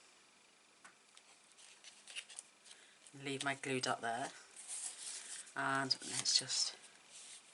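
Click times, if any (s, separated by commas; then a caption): none. A craft piece is lined up and pressed by hand onto a page of a paper baby album, with faint handling ticks near 0.9, 1.2 and 2.4 seconds while someone talks. Nothing has seated or snapped into place yet.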